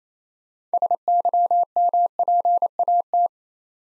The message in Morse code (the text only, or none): SYMPAT